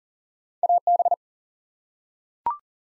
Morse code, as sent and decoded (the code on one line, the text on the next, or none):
.- -...
AB